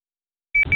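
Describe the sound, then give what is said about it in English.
A brief burst of dial-up modem connection tones follows a moment of silence: two quick pulses of a high, steady beep riding on loud, hissy static, from a cell phone made to work as dial-up internet. “Don't ask me how, I can't see, but she managed to get her cell phone to work as dial-up internet.”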